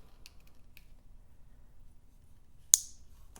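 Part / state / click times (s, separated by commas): throttle position sensor wiring connector into carburetor sensor plug / seated / 2.7 s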